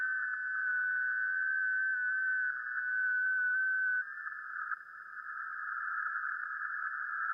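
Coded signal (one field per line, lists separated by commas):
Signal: FT8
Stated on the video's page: FT8 or JS8Call data on 40m via an NVIS dipole, real over-the-air radio, not SDR or simulation, streamed live.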